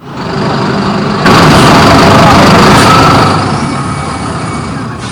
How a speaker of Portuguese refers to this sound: O ônibus da Transwolf chegou.